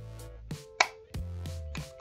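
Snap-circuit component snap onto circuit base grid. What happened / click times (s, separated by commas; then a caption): The snap piece snapped onto the base / 0.8 s. A plastic snap-circuit piece with metal snap studs is pressed onto the circuit base grid and seats with one sharp click at 0.8 s. Quieter taps follow around 1.2, 1.5 and 1.8 s over steady background music.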